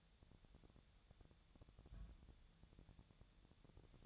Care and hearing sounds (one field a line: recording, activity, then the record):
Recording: daily activity, microphone in the room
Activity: place on stove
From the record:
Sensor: 3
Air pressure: 999.4 hPa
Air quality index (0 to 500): 196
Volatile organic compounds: 44 ppm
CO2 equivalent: 3204 ppm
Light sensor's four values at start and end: 8/18/7/7 and 8/18/7/7